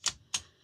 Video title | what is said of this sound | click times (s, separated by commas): BRK Ghost trigger adjustment guide | and at the moment there we can see it's latching | 0.4 s